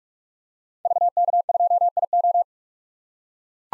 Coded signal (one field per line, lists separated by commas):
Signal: Morse code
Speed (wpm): 43 wpm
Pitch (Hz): 700 Hz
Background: none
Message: VK2IO